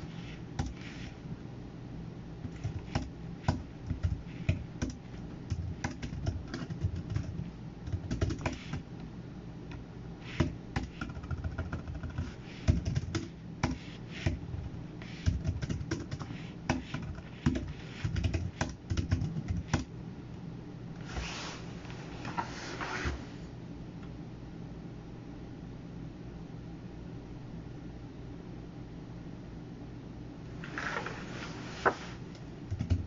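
Someone works at a computer, tapping keys in quick irregular bursts with short pauses, mostly through the first twenty seconds and again near the end. A steady low hum runs underneath throughout, and a couple of brief hissing rushes appear around 21 and 31 seconds.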